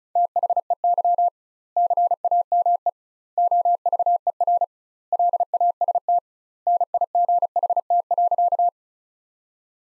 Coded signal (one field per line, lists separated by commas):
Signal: Morse code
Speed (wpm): 36 wpm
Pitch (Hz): 700 Hz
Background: none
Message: THEY CAME OVER LAST NIGHT.